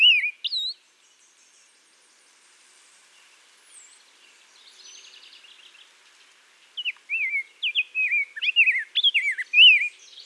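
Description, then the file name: Rose-breasted grosbeak song, rich whistled warbling phrases rising and falling, opening briefly then a quiet gap before a longer run of sweet, slurred notes. Song recorded in Minnesota. "RBGR SONG MN - Rose-breasted Grosbeak - Pheucticus ludovicianus"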